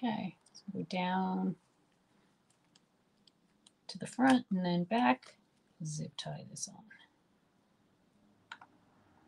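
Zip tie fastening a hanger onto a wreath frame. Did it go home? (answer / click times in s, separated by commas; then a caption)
yes / 8.5 s, 8.6 s. A plastic zip tie is pulled tight to fasten a wreath hanger onto a wreath frame while someone talks. Faint clicks come between the phrases, then the zip tie's ratchet clicks sharply at 8.5 s and 8.6 s as it seats tight.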